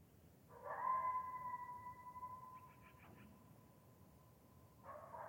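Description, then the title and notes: Coyote giving a long, steady howl, followed by the start of another call. Pack of coyotes giving contact yips and howls in the morning. "Coyote Pack Howls Interrupted By Annoyed-Sounding Steller's Jay. Coyotes are highly vocal in their contact yips and howls"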